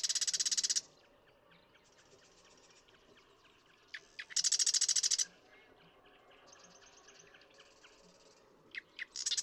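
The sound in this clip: Marsh Wren songs, dense buzzy rattles repeated every few seconds, alternating with softer, fainter trills.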